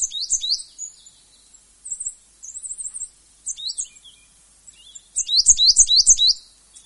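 Coal tit with scattered high thin notes, ending in a fast run of repeated two-note phrases.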